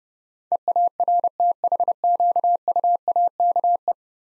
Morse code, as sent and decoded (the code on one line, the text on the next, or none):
. .- .-. - .... --.- ..- .- -.- .
EARTHQUAKE